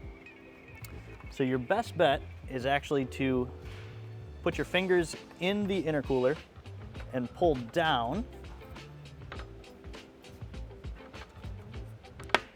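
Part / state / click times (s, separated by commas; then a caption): stock intercooler in its top retaining clip / released / 12.3 s. Someone talks while fingers are put into the stock intercooler and pull down to free it from its top retaining clip. After some quieter handling noises, a sharp pop at 12.3 s marks the intercooler popping loose from the clip.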